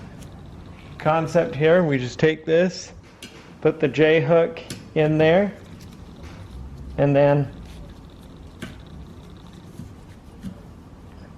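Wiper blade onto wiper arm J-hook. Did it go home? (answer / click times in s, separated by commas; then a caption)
no / none. A new plastic wiper blade adapter is hooked onto the metal J-hook wiper arm of a 2008 Toyota Camry Hybrid 2.4L (2007-2011) during windshield wiper blade replacement. Someone talks through the first half, followed by quiet handling and a brief faint tap at 8.6 s. The blade has not yet been pulled until it locks, so nothing has seated or clicked yet.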